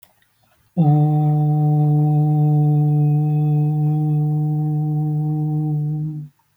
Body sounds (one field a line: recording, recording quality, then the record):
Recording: sustained vowel as in boot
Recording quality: excellent, no background noise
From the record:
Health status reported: healthy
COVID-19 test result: negative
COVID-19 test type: RT-PCR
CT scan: not taken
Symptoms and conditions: none ticked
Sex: male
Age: 20 years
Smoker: no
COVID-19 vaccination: both doses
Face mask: worn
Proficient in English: yes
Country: India